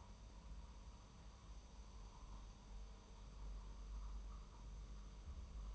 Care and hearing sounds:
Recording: daily activity, microphone in the room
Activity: make coffee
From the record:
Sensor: 1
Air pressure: 994.5 hPa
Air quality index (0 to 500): 227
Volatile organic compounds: 1000 ppm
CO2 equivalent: 8156 ppm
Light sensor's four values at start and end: 136/311/138/151 and 134/306/136/148

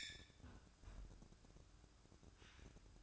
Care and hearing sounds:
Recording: daily activity, microphone in the room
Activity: close fridge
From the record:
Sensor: 2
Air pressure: 1007.6 hPa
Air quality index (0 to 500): 60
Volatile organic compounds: 1 ppm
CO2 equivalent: 594 ppm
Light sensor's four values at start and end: 10/23/10/10 and 10/23/9/10

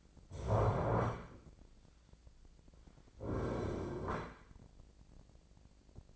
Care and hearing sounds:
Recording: daily activity, microphone in the room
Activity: stand up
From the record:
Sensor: 5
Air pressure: 1009.3 hPa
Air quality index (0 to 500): 159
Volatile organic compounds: 2 ppm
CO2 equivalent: 1221 ppm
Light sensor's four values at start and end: 262/631/265/288 and 259/625/263/285

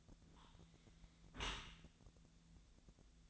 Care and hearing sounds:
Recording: daily activity, microphone in the room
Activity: close dishwasher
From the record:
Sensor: 3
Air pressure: 1000.5 hPa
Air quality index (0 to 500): 174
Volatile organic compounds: 3 ppm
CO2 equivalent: 1508 ppm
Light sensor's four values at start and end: 14/38/15/16 and 14/38/15/16

